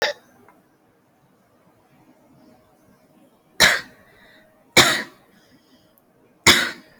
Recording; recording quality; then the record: heavy voluntary cough; excellent, no background noise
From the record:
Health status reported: respiratory illness, not identified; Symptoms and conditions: cough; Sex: female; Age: 41 years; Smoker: not ticked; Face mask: worn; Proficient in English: yes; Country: India